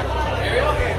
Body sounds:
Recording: background sound without coughing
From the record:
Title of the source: CITY SOUNDS Busy Bar in the Evening Night - 2 HOURS of Ambiance for Relaxation

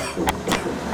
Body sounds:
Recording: coughing mixed with background sound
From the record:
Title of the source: Residual Phlegmy Morning Coughing and Gagging

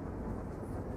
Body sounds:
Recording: background sound without coughing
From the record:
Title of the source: Train Ride Ambience ambient white noise for sleeping, focus, studying, reading

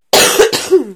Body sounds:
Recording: coughing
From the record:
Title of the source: 30 Chesty and wet cough

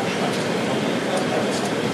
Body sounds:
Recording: background sound without coughing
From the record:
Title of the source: Office Sounds Ambience - Background Noise for Study and Work

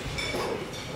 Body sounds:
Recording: coughing mixed with background sound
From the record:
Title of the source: Coughing 77

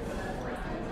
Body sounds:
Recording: background sound without coughing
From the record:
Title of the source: 60 minutes of coffee shop sounds for study and concentration

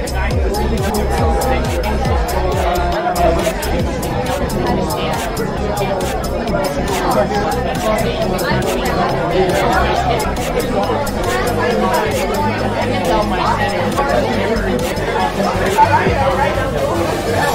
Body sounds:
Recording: background sound without coughing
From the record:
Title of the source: Nightlife Party Simulating Party Club Noise 1 Hour

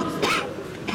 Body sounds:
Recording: coughing mixed with background sound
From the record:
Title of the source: 64 coughing, allergies, singing lungs

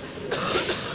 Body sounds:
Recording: coughing mixed with background sound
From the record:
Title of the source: November cold (wet coughing)

